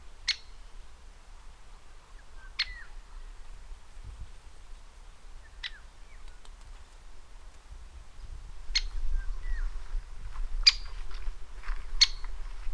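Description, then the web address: Great spotted woodpecker giving several sharp 'kik' calls spaced irregularly, over a low rumbling background. From a bird educational trail. "Vogellehrpfad Buntspecht"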